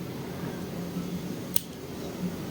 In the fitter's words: Nice little click.